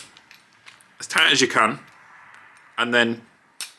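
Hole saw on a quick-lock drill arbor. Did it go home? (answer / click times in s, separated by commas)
yes / 3.6 s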